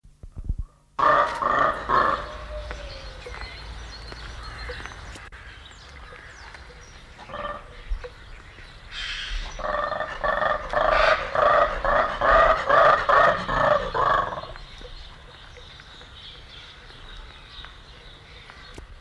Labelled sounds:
Mantled Guereza (Colobus guereza) call

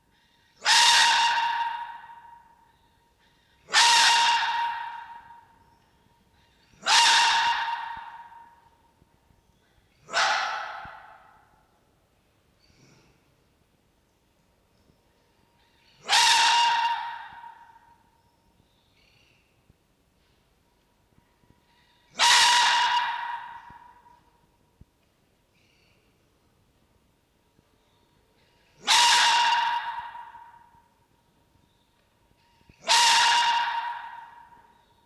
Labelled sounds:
Red Fox (Vulpes vulpes)

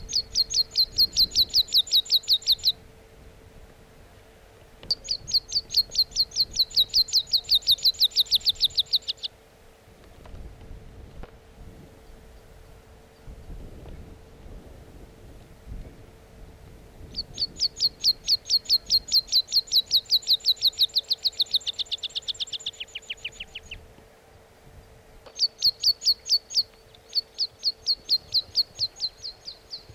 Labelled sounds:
Meadow Pipit (Anthus pratensis)

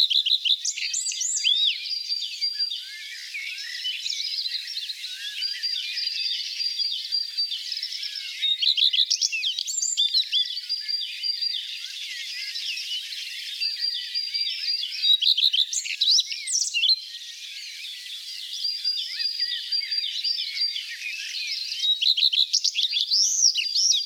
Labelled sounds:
Common Redstart (Phoenicurus phoenicurus) song

